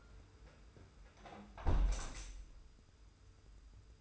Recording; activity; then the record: daily activity, microphone in the room; close window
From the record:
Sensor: 2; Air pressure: 991.2 hPa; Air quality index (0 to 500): 131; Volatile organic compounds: 149 ppm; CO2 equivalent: 4020 ppm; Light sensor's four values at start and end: 37/108/43/41 and 37/108/42/41